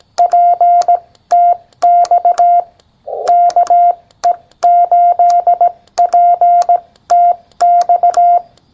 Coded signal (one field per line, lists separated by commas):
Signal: Morse code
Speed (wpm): 18 wpm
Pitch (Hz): 700 Hz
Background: none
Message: P TX KE8PTX